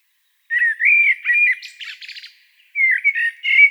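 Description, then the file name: Common blackbird song: fluted warbling phrases, then a squeaky, scratchy twitter, followed by a second run of mellow whistled notes near the end. "Turdus merula"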